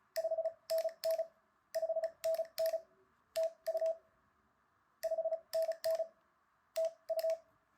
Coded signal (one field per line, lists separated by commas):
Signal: Morse code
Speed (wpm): 36 wpm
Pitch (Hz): 650 Hz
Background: none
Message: 5NN 5NN TU 5NN TU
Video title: Morse Code Quickstart Guide - Links in the description